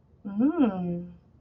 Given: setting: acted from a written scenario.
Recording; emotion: vocal sound without words; interest